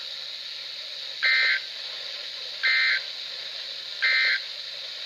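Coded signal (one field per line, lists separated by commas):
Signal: Emergency Alert System (SAME) tones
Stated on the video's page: Required Weekly Tests on NOAA Weather Radio stations WXL39, KIH28 and KZZ31, Mount Holly NJ office.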